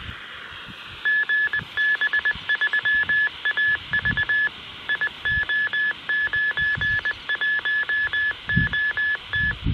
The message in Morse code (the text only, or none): GB3AV IO91OT